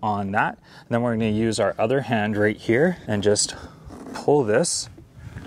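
Someone talks while unfolding a Clicgear Model 8.0+ folding golf push cart, stepping on its step and using the other hand to pull the frame upward toward its center frame lock near the handle. Nothing has seated or clicked yet; the clip ends before the latch engages.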